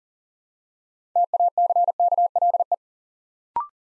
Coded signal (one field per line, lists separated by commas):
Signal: Morse code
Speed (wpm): 38 wpm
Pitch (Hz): 700 Hz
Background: none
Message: TACKLE